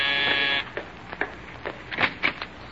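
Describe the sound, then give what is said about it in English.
A door buzzer sounds once at Jack's door as Bob Crosby arrives with a suitcase, a loud, harsh, steady buzz lasting about half a second, followed by a few soft, irregular knocks and shuffling sounds. “I'll answer the door, Rochester.”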